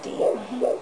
That's the baby. And it is faster. A heart rate of 146 beats per minute. Which is normal for them. It's 120 to 160.